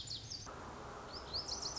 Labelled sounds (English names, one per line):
Lazuli Bunting